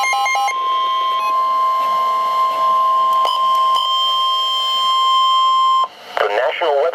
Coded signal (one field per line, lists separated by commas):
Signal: Emergency Alert System (SAME) tones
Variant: 1050 Hz attention tone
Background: speech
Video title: Flash Flood Warning [EAS 171] | NOAA Weather Radio (6/1/2012)